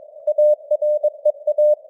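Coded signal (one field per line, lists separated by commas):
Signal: Morse code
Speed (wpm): 22 wpm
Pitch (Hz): 600 Hz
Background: none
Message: AREA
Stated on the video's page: News headlines in Morse at 22 wpm, with simulated radio noise and varying signal strength (QSB).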